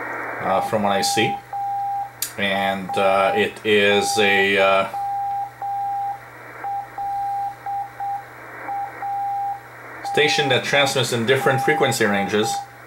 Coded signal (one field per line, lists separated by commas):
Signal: Morse code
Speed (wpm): 7 wpm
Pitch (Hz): 800 Hz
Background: speech, radio noise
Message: WAYLAND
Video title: WI2XJP Experimental station received 5058 Khz Shortwave in Morse Code